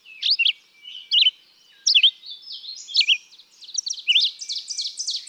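Red-eyed vireo singing several short slurred whistled phrases, followed by a faster, denser run of high thin notes toward the end.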